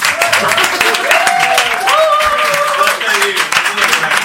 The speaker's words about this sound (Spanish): Un aplauso para Salvador, por favor.